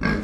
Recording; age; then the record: pig call; growing-finishing pig (85 days or more)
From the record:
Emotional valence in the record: negative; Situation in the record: barren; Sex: male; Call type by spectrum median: low-frequency call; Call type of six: low-frequency modulated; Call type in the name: low-frequency modulated, not sure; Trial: 4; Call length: 0.23 s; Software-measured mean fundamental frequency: 52 Hz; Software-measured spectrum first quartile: 202 Hz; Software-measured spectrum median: 552 Hz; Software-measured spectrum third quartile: 1645 Hz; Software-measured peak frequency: 192 Hz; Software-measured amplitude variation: 147 dB a second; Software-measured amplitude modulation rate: 27.7 a second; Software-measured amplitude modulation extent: 5.3 dB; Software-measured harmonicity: 2.3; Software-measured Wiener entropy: -1.73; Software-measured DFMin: 635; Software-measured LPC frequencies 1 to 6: 1622, 2241, 3090, 4411, 5338, 6554 Hz